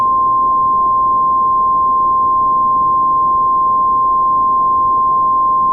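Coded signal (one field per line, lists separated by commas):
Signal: Emergency Alert System (SAME) tones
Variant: 1050 Hz attention tone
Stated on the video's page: Valid SAME codes in a fictional zombie-virus EAS scenario.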